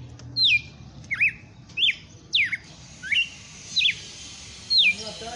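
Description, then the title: Red-cowled cardinal song: loud, clear whistles, each swooping down or twisting upward, repeated under a second apart. Female bird; song style called açoite selvagem; bird named Fenrir. "Canto Galo Campina Fêmea. Galo de campina FENRIR no AÇOITE SELVAGEM"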